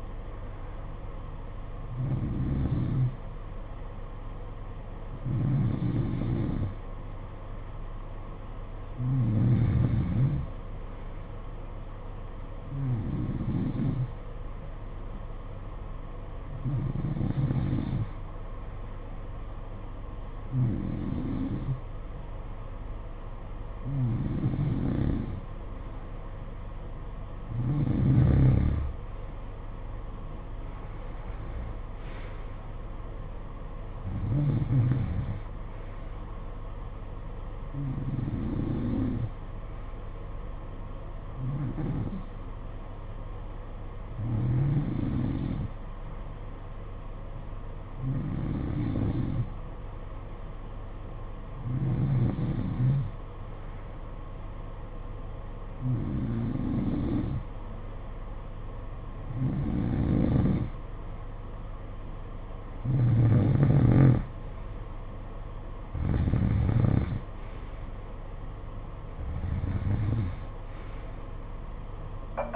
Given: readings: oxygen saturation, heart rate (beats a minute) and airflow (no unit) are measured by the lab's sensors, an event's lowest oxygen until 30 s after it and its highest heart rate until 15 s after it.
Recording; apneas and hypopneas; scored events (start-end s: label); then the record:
breathing in sleep by a smartphone at the bedside; none
34.00-72.56 s: new sleep stage, N2 (light sleep)
From the record:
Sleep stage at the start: N3 (deep sleep); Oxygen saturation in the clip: 91 to 93%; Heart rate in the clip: 54 to 66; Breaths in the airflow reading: 20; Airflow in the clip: -14.2 to 8.1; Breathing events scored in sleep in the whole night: 476 in 9.7 hours asleep